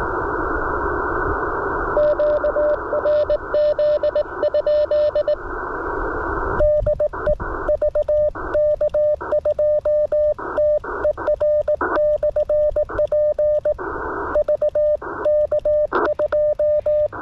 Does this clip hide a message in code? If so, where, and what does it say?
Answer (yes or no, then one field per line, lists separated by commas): yes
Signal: Morse code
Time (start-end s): 2.0-17.1 s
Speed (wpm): 18 wpm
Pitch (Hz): 600 Hz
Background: radio noise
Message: QRZ? DE VK2TER/P VK2